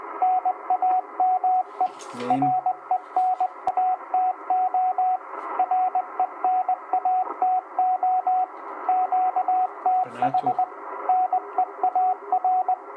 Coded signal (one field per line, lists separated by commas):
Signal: Morse code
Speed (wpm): 20 wpm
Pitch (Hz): 740 Hz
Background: radio noise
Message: NAME RENATO RENATO QTH NEAR